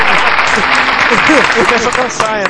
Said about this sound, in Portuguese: Puta que pariu, aplauso.